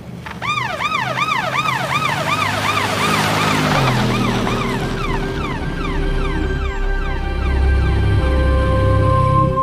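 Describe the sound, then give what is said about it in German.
An emergency vehicle siren wails loudly in quick, repeated rising-and-falling sweeps, then settles into longer, steadier high tones over a low engine rumble, with no one speaking. “Die werden Ihnen folgen. Versuchen Sie, den Streifenwagen nicht zu verlieren.”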